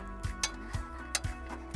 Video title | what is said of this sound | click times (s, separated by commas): The Pivot Pro Hitch Rack Overview - Best E-Bike Rack Available | push until you hear the click | 0.4 s, 1.1 s